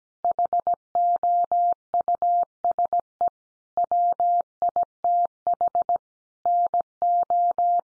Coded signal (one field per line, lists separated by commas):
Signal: Morse code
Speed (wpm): 17 wpm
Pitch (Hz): 700 Hz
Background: none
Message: HOUSE WITH NO